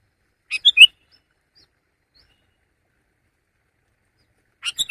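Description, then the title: Sooty-headed bulbul giving two short phrases of three chirpy notes, about four seconds apart. "kutilang"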